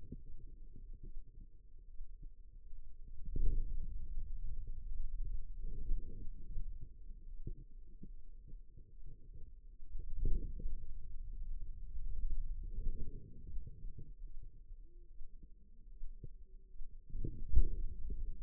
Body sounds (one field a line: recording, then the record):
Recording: forearm muscle sounds (acoustic myography)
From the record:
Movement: pen grasping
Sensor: system 2, bracelet of six BSWA MPA416 microphones around the upper forearm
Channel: 4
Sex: female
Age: 25 years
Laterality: right